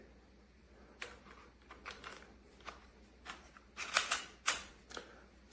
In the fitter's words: So, it would go all the way until you hear the click lock.